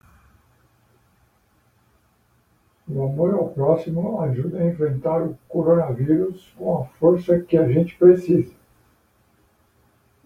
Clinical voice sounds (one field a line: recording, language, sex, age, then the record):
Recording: spoken sentence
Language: Brazilian Portuguese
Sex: male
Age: 50 to 59 years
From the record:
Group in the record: control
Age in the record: 58 years